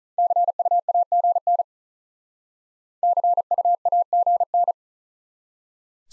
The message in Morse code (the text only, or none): CUAGN CUAGN